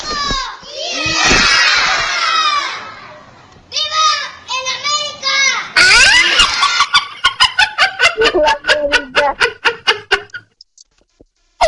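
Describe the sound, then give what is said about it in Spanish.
A loud, raw shouted scream rings out for a couple of seconds, followed by excited voices and a rapid string of short, choppy vocal bursts that taper off. “Está más chido ese grito.”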